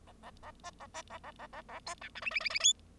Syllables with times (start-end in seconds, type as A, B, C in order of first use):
0.07-0.13 A, 0.23-0.30 A, 0.43-0.51 A, 0.64-0.70 B, 0.80-0.86 A, 0.94-1.02 B, 1.10-1.18 A, 1.24-1.31 A, 1.39-1.47 A, 1.53-1.62 A, 1.69-1.80 A, 1.86-1.94 C, 2.01-2.09 D, 2.15-2.21 E, 2.22-2.31 F, 2.31-2.40 F, 2.40-2.49 F, 2.50-2.59 F, 2.59-2.73 G